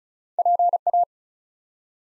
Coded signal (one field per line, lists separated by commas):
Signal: Morse code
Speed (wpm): 36 wpm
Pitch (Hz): 700 Hz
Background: none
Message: PA